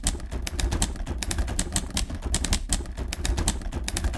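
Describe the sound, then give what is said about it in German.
Rapid, uneven clacking of typewriter keys as someone types a book in a study in the evening, many sharp strikes in quick succession with brief pauses, steady and fairly loud throughout with no voices. “verkriecht sich abends in sein Arbeitszimmer, um das Buch über Hamann fertig zu tippen”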